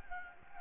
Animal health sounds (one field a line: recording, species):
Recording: mosquito wingbeat signal from an infrared sensor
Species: Anopheles gambiae